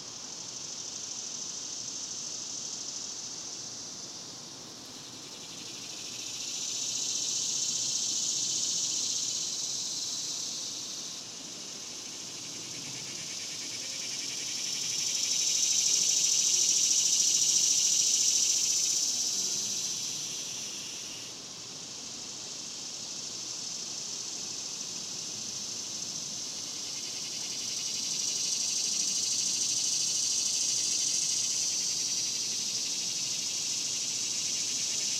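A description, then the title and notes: Daytime cicadas drone in a dense, high, hissing buzz that never stops. The chorus swells and fades in slow waves, peaking loudest around 15 to 20 seconds and again near 30, with a faint low rumble underneath. Ext, Daytime Cicadas, Cemetery, Summer by Bandeto.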